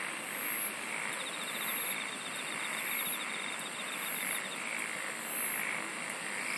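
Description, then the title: Insect chorus, with a thick shrill buzz under a high chirp repeated regularly, plus a fast ticking trill in the middle. "SINGING OF INSECTS"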